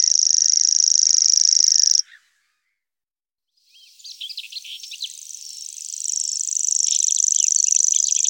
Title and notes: European Songbird Songs Calls Europäische Singvögel. Feldschwirl - Grasshopper Warbler